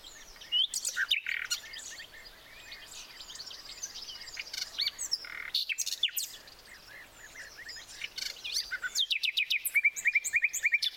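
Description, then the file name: Common nightingale song with varied chirps and slurred notes, ending in a fast, even trill of repeated notes. "Luscinia megarhynchos"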